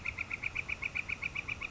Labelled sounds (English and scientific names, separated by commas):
Northern Flicker (Colaptes auratus)